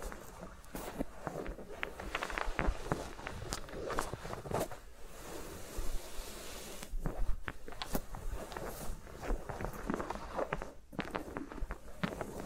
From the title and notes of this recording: ASMR with Mics Around My Fingers (No Talking).